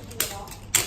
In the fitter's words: it down until it clicks fully